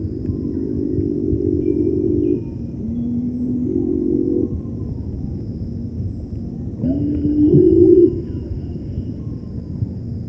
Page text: Cinnamon-Bellied Imperial Pigeon Call. Quick Sounds